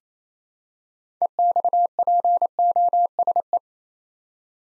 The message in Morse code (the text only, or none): EXPOSE